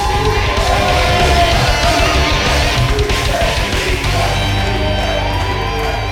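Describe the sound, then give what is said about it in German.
A large crowd at a tournament in Plaza da Lisboa bursts into applause and cheering for the winner, Felipe de Marco: a loud, dense, continuous roar of clapping mixed with shouts and whoops that holds steady for several seconds. “Einen riesen Applaus.”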